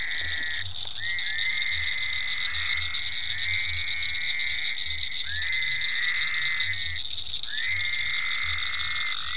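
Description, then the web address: Frogs trilling in long bursts of about two seconds, separated by short gaps, with a steady high hum and low throbbing croaks beneath. Frogs in ponds at Venaura farm, recorded 27 May 2010. "ecolandtech venaurafarm frogs-in-ponds 5-27-010-Frogs"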